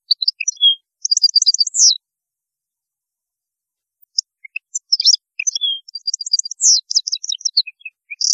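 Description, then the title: European goldfinch song: rapid liquid twittering with tinkling trills and buzzy notes in two bursts separated by a silent pause of about two seconds. "Chant Chardonneret"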